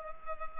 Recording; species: mosquito wingbeat signal from an infrared sensor; Culex pipiens